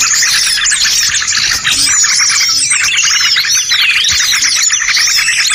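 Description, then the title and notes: Bird calls in a loud, dense mix of squeaky chirps and swooping whistles, one clear downward-then-upward slur near four seconds. Compilation of bird lure sounds used to attract stubborn birds that are hard to approach. "Suara Burung Bandel Yang Susah Mendekati. Kompilasi Suara Pikat Burung"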